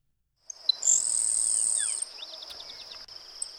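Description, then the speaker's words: Florida grasshopper sparrow song: a couple of short chips, then a long thin high insect-like buzz lasting about a second, followed by faint high notes. Florida grasshopper sparrow, described as the rarest bird in North America; populations declining across the continent; conservationists in Florida working to bring them back. "that is the sound of the grasshopper sparrow, the Florida grasshopper sparrow, the rarest bird in North America."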